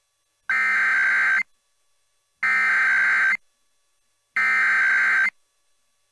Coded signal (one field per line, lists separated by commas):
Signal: Emergency Alert System (SAME) tones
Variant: header bursts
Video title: EAS Required Monthly Test Pennsylvania Statewide Test +WeatherSTAR4000 (WCPA)